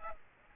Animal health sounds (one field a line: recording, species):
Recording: mosquito wingbeat signal from an infrared sensor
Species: Aedes aegypti